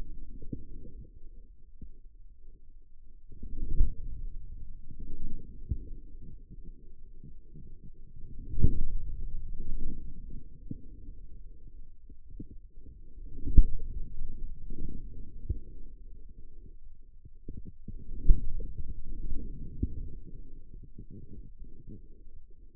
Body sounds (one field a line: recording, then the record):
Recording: forearm muscle sounds (acoustic myography)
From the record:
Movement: inward rotation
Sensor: system 2, bracelet of six BSWA MPA416 microphones around the upper forearm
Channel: 6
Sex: male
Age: 22 years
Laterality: right